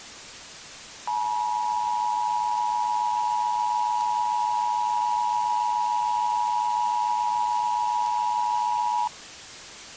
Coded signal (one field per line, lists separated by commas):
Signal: Emergency Alert System (SAME) tones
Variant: 853 and 960 Hz attention tone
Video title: [REUPLOAD] EAS Scenario - Deadly Soda